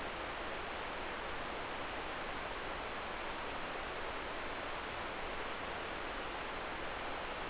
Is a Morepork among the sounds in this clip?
no